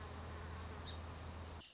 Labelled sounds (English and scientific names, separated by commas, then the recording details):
Song Sparrow (Melospiza melodia)
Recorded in Sonoma County, California